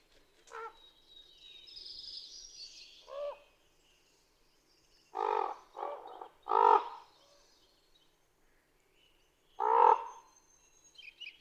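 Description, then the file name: Common raven hoarse croaks come sparsely: a couple of faint notes early, a cluster of three rough calls midway, and one more croak near the end. "Common Raven"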